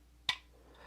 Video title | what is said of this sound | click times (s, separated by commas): GI Joe MMS O-Ring Classic Review | you see it pops into place | 0.3 s